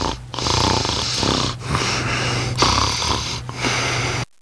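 Snoring from an adult sleeper, with repeated noisy breaths.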